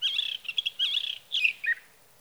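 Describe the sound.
Sage thrasher singing a fast, run-on warble of buzzy, twittering notes in two long bursts, then a few lower slurred notes, over faint hiss.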